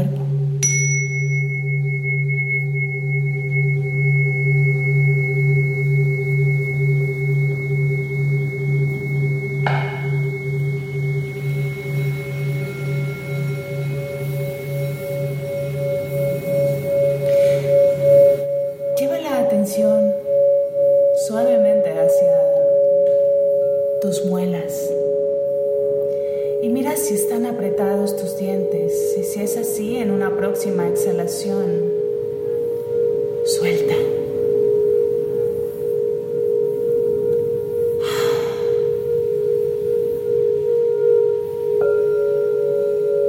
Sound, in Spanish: sonoterapia con cuencos tibetanos